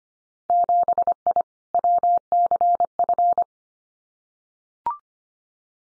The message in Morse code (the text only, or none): 7I WCF